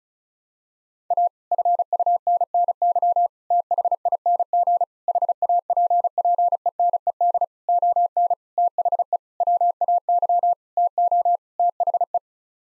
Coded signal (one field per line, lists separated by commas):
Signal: Morse code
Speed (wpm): 36 wpm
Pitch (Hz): 700 Hz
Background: none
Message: A FUNNY THING HAPPENED ON THE WAY TO THE